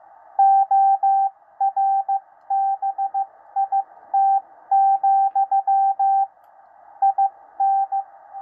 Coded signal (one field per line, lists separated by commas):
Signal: Morse code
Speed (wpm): 15 wpm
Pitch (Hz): 780 Hz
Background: radio noise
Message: ORBIT, IN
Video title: 13 WPM CODE PRACTICE - W1AW